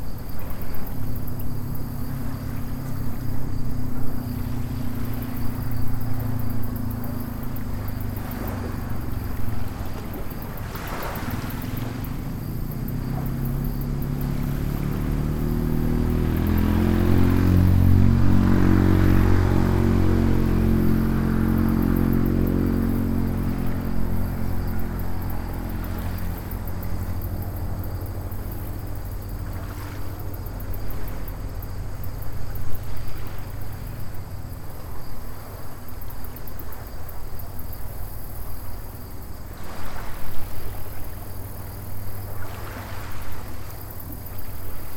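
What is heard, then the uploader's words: An idling engine beside Lake Erie holds a low, steady rumble through the whole stretch. Around the middle it swells and deepens, as if something passes, then settles back. A thin, constant insect-like chirring sits high above, with a few brief scrapes scattered throughout. Idling Next to Lake Erie and Inscription Rock. Standing and thinking next to Lake Erie and the beautiful Inscription Rock in Ohio.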